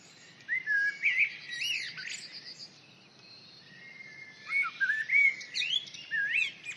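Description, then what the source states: Common blackbird song with two rich, fluty warbling phrases, the first early and the second after a pause, each trailing into thin twittering. Recorded in the UK.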